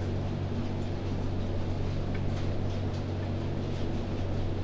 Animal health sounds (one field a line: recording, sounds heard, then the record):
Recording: poultry house recording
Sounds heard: no chicken sound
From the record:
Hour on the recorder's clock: 21